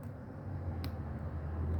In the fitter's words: one didn't click but it's still retaining it sometimes it quick sometimes they don't and